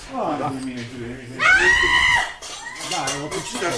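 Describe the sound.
A cat lets out one loud, drawn-out yowl, a high wavering wail that rises and holds for under a second, with people talking before and after it.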